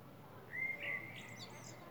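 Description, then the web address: Common blackbird song: a single low fluted whistled phrase that ends in a brief high, scratchy twitter. Recorded in April. "Amsel im April"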